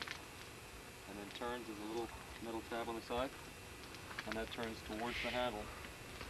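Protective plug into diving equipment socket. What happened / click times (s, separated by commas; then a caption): The plug is being turned toward its locked position but has not yet seated; no seating click is heard / none. A protective plug is handled at a socket on diving equipment, being turned so a small metal tab on its side points toward the handle. Someone talks over low background noise, with two brief faint ticks at 0.0 and 0.1 s. The clip ends before the plug goes home, so nothing has seated or clicked yet.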